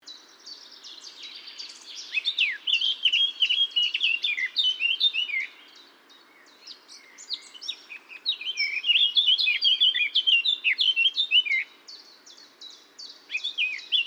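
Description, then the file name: Eurasian blackcap song: two extended phrases of hurried warbling and clear fluty whistles, with a quieter gap between and a third phrase beginning at the end, over faint background hiss. "Sylvia atricapilla"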